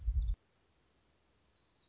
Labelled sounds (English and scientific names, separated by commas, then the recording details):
Black-throated Gray Warbler (Setophaga nigrescens)
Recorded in Sonoma County, California